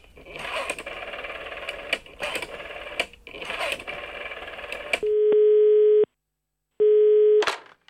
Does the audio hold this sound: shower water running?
no